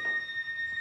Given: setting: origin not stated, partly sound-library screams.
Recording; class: one-second piece from a danger detection set; woman in danger